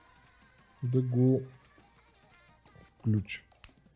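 A USB cable plug is pushed into the USB socket on the underside of a streaming microphone before the microphone is mounted. Someone talks, and at 3.6 s a sharp, short hit is heard as the plug seats in the socket.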